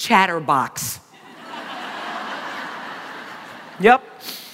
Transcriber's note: laughter